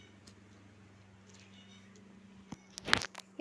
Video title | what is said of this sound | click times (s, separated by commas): Mobile Tripod Malayalam Review | lock അഴിച്ചിട്ടുണ്ട്. | 2.5 s, 2.8 s, 2.9 s, 3.0 s, 3.2 s